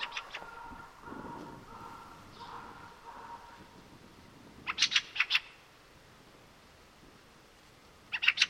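Fieldfare harsh chack calls in a brief cluster at the start, then two short clusters late, after a steady humming background sound.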